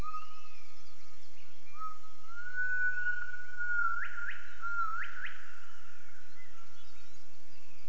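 Gibbon whistled call: a long pure tone rising slowly, then a few sharp upward sweeps near the fourth and fifth seconds over a quiet background.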